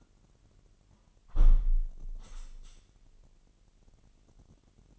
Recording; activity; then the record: daily activity, microphone in the room; close window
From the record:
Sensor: 4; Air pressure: 998.9 hPa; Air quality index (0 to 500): 130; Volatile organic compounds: 2 ppm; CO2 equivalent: 1272 ppm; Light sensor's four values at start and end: 8/20/8/9 and 8/20/8/9